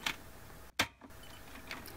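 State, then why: Seated. A refillable CL-246 sponge ink cartridge, fixed after being too tight, is pressed down into the carriage of a Canon Pixma MX492 inkjet printer. After a brief near-silence, a sharp, loud click at 0.8 s marks it seating easily. Fainter ticks sound around 0.1 s and 1.7 s over steady low background noise.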